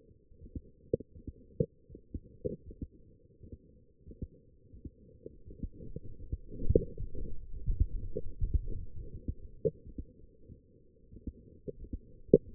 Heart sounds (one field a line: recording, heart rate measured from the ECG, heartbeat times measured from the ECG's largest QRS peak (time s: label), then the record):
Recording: heart sounds by stethoscope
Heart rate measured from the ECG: 79 bpm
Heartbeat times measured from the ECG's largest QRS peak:
0.29 s: heartbeat
1.09 s: heartbeat
1.86 s: heartbeat
2.60 s: heartbeat
3.37 s: heartbeat
4.17 s: heartbeat
4.97 s: heartbeat
5.72 s: heartbeat
6.46 s: heartbeat
7.19 s: heartbeat
7.91 s: heartbeat
8.64 s: heartbeat
9.40 s: heartbeat
10.21 s: heartbeat
11.01 s: heartbeat
11.75 s: heartbeat
12.50 s: heartbeat
From the record:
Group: healthy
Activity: light exercise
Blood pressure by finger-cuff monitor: 113/67 mmHg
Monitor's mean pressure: 80 mmHg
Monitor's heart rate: 79 bpm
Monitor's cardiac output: 6.7 L/min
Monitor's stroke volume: 85 mL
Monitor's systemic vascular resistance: 870 dyn s/cm5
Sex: female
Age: 22 years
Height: 171 cm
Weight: 65.6 kg